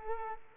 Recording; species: mosquito wingbeat signal from an infrared sensor; Culex quinquefasciatus